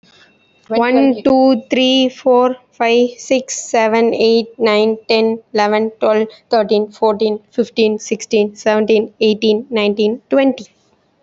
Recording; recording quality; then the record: counting at a normal pace; excellent, no background noise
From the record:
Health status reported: healthy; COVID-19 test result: negative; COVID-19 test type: RT-PCR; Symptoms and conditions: cold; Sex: female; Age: 21 years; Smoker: no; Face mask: worn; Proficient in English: yes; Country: India